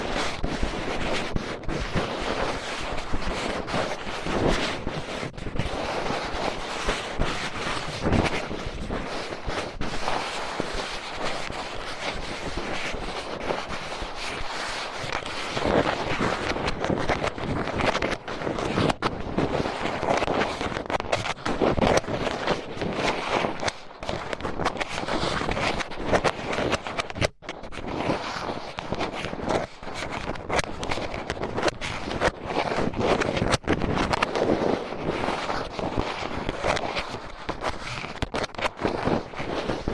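Fast, intense ear cleaning: dense, nonstop scratching and rubbing that crackles across low and bright tones alike. The loudness stays fairly even throughout, with rapid strokes packed tightly together and only a brief dip around the 27-second mark.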